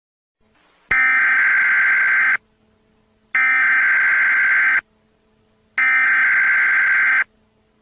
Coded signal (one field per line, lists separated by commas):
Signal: Emergency Alert System (SAME) tones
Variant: header bursts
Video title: Super Mario Galaxy’s Ending, EAS Styled!